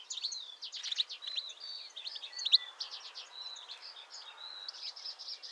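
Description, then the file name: European goldfinch twitter: dense, fast high chirps and short buzzy trills running continuously, with brief drawn-out notes between bursts. "Carduelis carduelis"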